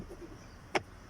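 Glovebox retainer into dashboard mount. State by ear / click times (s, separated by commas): seated / 0.8 s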